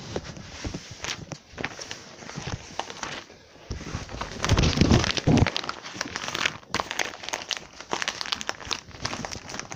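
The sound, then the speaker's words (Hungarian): Paper crinkles and crumples steadily as it is wrapped around something, with a louder burst of rustling midway and quick, irregular crackles throughout. “Na, bele a papírba, a labba bele.”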